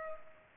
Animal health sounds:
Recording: mosquito wingbeat signal from an infrared sensor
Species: Culex pipiens

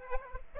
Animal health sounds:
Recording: mosquito wingbeat signal from an infrared sensor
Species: Aedes aegypti

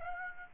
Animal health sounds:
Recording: mosquito wingbeat signal from an infrared sensor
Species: Aedes aegypti

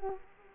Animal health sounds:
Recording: mosquito wingbeat signal from an infrared sensor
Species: Culex quinquefasciatus

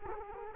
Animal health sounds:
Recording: mosquito wingbeat signal from an infrared sensor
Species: Culex quinquefasciatus

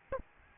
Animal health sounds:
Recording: mosquito wingbeat signal from an infrared sensor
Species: Aedes albopictus

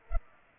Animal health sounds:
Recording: mosquito wingbeat signal from an infrared sensor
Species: Culex pipiens

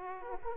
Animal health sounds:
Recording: mosquito wingbeat signal from an infrared sensor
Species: Aedes aegypti

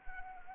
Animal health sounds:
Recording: mosquito wingbeat signal from an infrared sensor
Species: Anopheles arabiensis

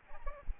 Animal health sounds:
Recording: mosquito wingbeat signal from an infrared sensor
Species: Aedes albopictus

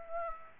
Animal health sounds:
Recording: mosquito wingbeat signal from an infrared sensor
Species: Aedes aegypti

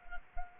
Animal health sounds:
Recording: mosquito wingbeat signal from an infrared sensor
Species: Culex quinquefasciatus

